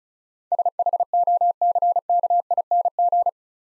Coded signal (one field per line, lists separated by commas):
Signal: Morse code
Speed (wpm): 36 wpm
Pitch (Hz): 700 Hz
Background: none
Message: SHOCKING